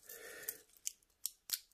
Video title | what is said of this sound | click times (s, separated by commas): pulsar PZ4021 feature packed ana/digi from the seiko family for £50!!! 💥 | it's a decent snap in place and that's on my seven and three quarter inch wrist | 1.3 s